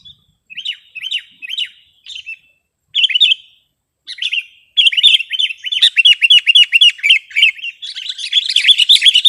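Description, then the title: Sooty-headed bulbul song: short bursts of bright chirps, then a fast run of rising-falling notes about four per second, growing denser and busier toward the end. "kutilang"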